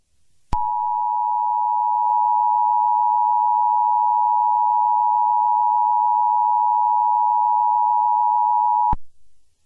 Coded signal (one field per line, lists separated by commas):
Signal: Emergency Alert System (SAME) tones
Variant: 853 and 960 Hz attention tone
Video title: New EAS test video